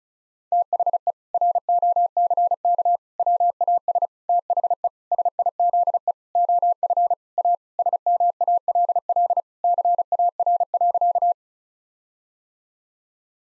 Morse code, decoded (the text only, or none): THE ROCK WAS THE SIZE OF A SMALL CAR.